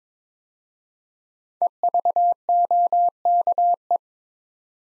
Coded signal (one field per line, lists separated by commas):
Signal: Morse code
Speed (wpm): 22 wpm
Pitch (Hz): 700 Hz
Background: none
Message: EVOKE